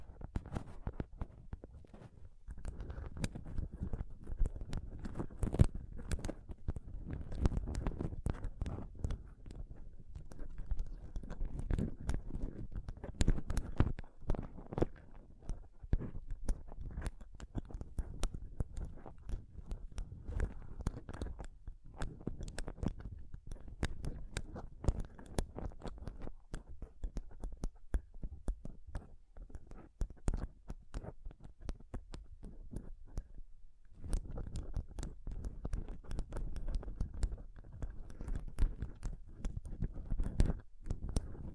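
Close-up microphone scratching and touching: dense, continuous low rubbing with rapid crackly taps, briefly dropping out near 2, 34 and 41 seconds.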